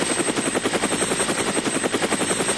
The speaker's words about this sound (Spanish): Sí, un helicóptero voló cerca, pero él no lo notó, porque iba muy ocupado con sus pensamientos.